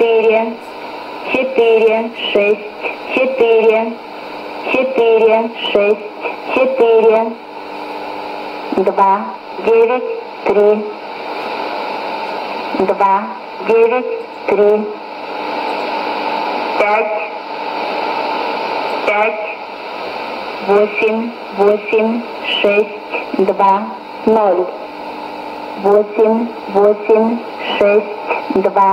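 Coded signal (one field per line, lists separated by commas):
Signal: numbers station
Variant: S06s, Russian female voice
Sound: a voice reads short words in groups with brief pauses, over radio hiss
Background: radio static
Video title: 18 09 2019 S06s Russian Lady numbers station in Russian to Eu 0844 on 9952 unknown tx site USB+AM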